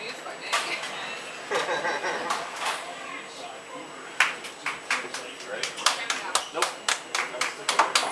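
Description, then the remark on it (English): An audience claps in scattered bursts, first looser and softer, then breaking into sharper, more distinct individual claps with a quick uneven rhythm; no one speaks over it. “I like them claps.”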